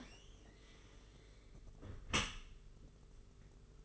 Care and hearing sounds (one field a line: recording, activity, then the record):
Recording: daily activity, microphone in the room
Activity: close dishwasher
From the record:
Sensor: 4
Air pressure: 992.2 hPa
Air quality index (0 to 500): 109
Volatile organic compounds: 18 ppm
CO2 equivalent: 2614 ppm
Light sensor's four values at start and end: 23/78/28/30 and 23/78/28/30